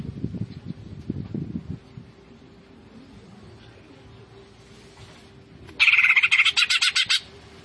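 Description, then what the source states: Greater green leafbird song: low rumbling at the start, a quiet spell, then a sudden burst of loud, harsh, rapidly pulsed chattering notes near the end. Local name cucak ijo; described as gacor, meaning singing vigorously and continuously.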